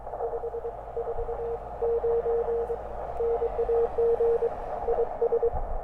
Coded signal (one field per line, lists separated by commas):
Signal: Morse code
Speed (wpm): 23 wpm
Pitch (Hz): 470 Hz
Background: none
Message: 549 NAG IS